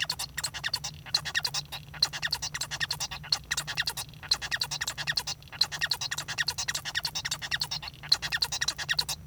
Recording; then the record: song of a male Bengalese finch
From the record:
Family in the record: son of father 1